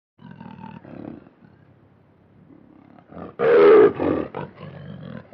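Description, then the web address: Lion roar: low rumbling grunts build to one loud, rough roar, then trail off into shorter grunts. "big cats|lions"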